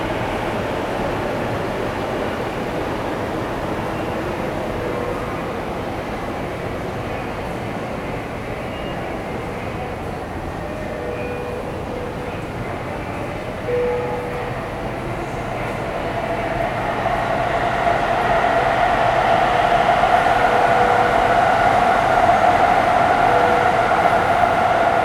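A train rumbles steadily through Takanawa Gateway Station in Tokyo, a dense low roar with brief squealing tones near five and thirteen seconds. From about sixteen seconds the sound swells louder and brighter, a sustained high whine rising over the rumble until the end.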